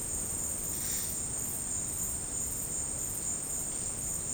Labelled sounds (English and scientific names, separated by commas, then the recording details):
none
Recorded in secondary vegetation near Puerto Asís, Putumayo, Colombia, on 23 June 2025 at 13:30
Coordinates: 0.484, -76.319
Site G074